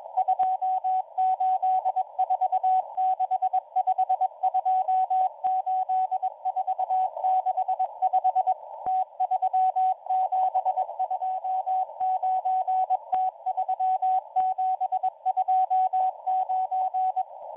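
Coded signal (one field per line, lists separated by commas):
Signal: Morse code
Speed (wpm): 21 wpm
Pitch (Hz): 750 Hz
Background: radio noise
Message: 28465 28465 T3729 T3729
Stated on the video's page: M01 Morse code number station transmission on 5020 kHz.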